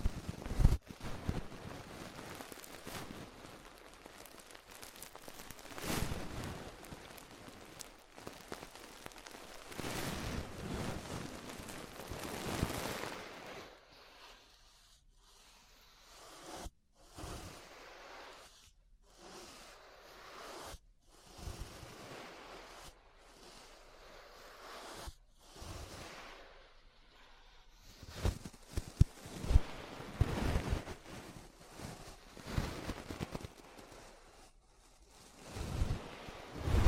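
Ear brushing: soft, dense scratchy swishing fills the first fourteen seconds with little pause. After that the strokes break into separate brushing passes with short near-silent gaps between them, some louder bursts arriving around 28 to 35 seconds.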